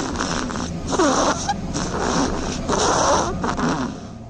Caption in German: Die schnarchen auch, das wusste ich gar nicht. Tun sie aber, hört sich so an. Eine schnarchende Haselmaus.